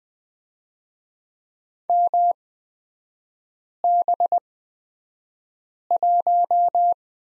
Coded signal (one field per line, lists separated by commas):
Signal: Morse code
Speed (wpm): 20 wpm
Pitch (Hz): 700 Hz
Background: none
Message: MB1